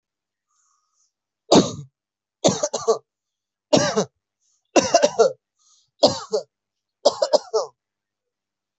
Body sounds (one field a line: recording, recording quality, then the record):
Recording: heavy voluntary cough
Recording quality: excellent, no background noise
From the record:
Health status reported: healthy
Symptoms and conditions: none ticked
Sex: male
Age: 27 years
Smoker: not ticked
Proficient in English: yes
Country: India